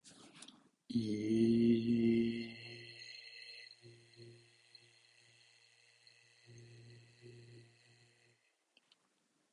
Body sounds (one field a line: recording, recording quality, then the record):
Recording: sustained vowel as in made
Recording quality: excellent, no background noise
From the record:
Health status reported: COVID-19 positive, mild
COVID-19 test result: positive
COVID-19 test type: RT-PCR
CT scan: not taken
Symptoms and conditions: cough, cold, sore throat, fever, fatigue, muscle pain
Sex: male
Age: 26 years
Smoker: no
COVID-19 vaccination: both doses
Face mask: not worn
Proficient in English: yes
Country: India